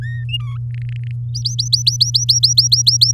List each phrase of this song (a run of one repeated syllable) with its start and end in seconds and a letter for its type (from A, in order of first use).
0.02-0.24 A, 0.28-0.57 B, 0.70-1.11 C, 1.34-3.12 D